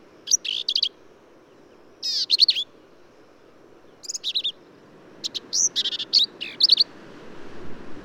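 Black-capped vireo song: short bursts of rapid, scratchy and sharp whistled notes, a phrase every second or two with varied patterns, over a soft steady hiss.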